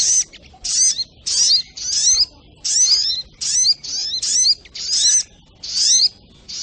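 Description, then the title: Little Spiderhunter song: dense bursts of high, sharp twittering notes, repeated steadily with short gaps. Masteran (training recording) of the Sogok Ontong, labaik. "Masteran Burung Sogok Ontong Labaik"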